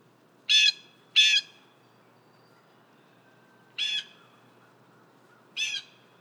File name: Blue Jay - Cyanocitta cristata